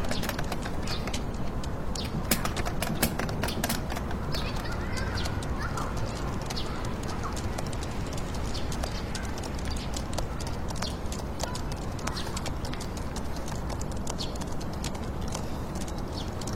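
Fingertip typing in a computer room: quick, light clicks that patter unevenly throughout, sometimes bunching into short bursts, busiest around the second and fourth seconds. Beneath them runs a steady, unchanging urban hiss and low rumble that never lets up.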